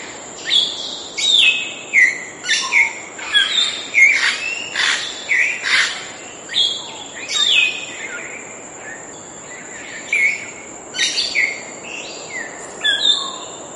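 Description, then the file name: Grey parrot giving a busy run of loud whistles and squawky notes, many sliding up or down, in many quick bursts, with a steady high tone throughout. "canto do papagaio cinzento"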